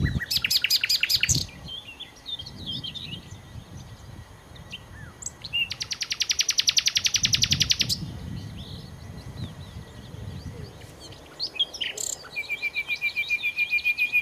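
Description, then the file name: Common nightingale phrases: quick rattling bursts, a long loud run of rapid clicking notes, soft chirps between, and a closing series of repeated whistled notes. "Nachtigall"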